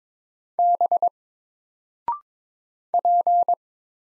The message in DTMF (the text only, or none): none